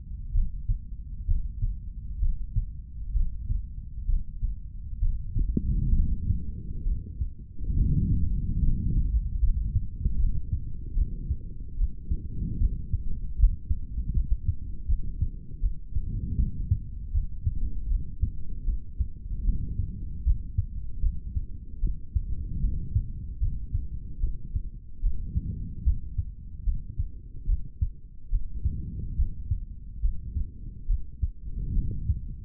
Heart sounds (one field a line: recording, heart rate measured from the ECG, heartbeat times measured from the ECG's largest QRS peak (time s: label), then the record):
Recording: heart sounds by stethoscope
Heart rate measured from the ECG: 73 bpm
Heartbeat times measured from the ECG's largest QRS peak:
0.32 s: heartbeat
1.25 s: heartbeat
2.19 s: heartbeat
3.13 s: heartbeat
4.06 s: heartbeat
4.99 s: heartbeat
5.92 s: heartbeat
6.84 s: heartbeat
7.74 s: heartbeat
8.60 s: heartbeat
9.40 s: heartbeat
10.16 s: heartbeat
10.94 s: heartbeat
11.76 s: heartbeat
12.58 s: heartbeat
13.37 s: heartbeat
14.13 s: heartbeat
14.86 s: heartbeat
15.60 s: heartbeat
16.36 s: heartbeat
17.12 s: heartbeat
17.88 s: heartbeat
18.65 s: heartbeat
19.44 s: heartbeat
20.24 s: heartbeat
21.02 s: heartbeat
21.80 s: heartbeat
22.60 s: heartbeat
23.40 s: heartbeat
24.20 s: heartbeat
25.01 s: heartbeat
25.84 s: heartbeat
26.64 s: heartbeat
27.46 s: heartbeat
28.30 s: heartbeat
29.16 s: heartbeat
30.01 s: heartbeat
30.87 s: heartbeat
31.73 s: heartbeat
From the record:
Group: healthy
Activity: breath hold 0-7 s, rest 7-32 s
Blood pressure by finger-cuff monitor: 120/85 mmHg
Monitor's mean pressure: 96 mmHg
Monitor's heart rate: 74 bpm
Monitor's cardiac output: 3.4 L/min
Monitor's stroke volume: 47 mL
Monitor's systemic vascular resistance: 2070 dyn s/cm5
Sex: male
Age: 55 years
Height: 167 cm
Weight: 57.2 kg